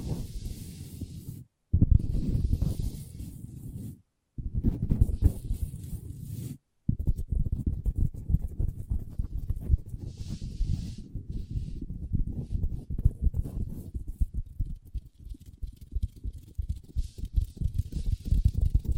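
Long nails tap and scratch on a table in dense, rapid clusters of sharp clicks over a low rumbling scrape. Three brief complete silences break the first seven seconds; afterward the tapping runs continuously, with some brighter hissy scratches around ten to eleven seconds.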